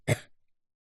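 One short, sharp cough lasting about a fifth of a second, with an abrupt explosive start and a quick fade into silence. A single cough from a 9-year-old boy, a sound effect.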